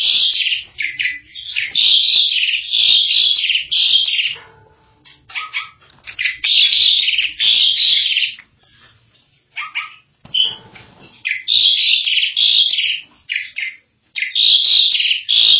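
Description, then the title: Starling song: dense bursts of harsh chattering and whistled notes high in pitch, in phrases of a few seconds separated by brief pauses. "Jalak01"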